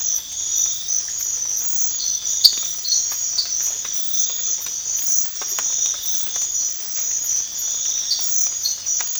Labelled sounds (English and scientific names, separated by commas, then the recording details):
none
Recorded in pastures near Puerto Asís, Putumayo, Colombia, on 8 March 2025 at 05:00
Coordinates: 0.502, -76.324
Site GP07